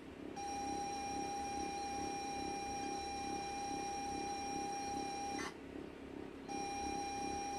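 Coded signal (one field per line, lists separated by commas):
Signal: ZX Spectrum tape loading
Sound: steady buzzy lead tone for five seconds, one second pause, then tone again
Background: low hum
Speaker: and the magic of old-school loading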